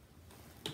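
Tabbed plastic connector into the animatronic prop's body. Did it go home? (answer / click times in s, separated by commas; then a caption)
yes / 0.7 s. A plastic connecting piece for an animatronic broken spine girl Halloween prop is fitted into the prop's body: its side tabs are pressed in and the piece is slid in. Faint sliding noise builds from about 0.3 s, and a sharp click at 0.7 s shows the piece has seated.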